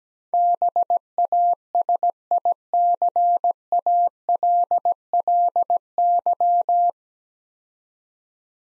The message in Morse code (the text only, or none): BASICALLY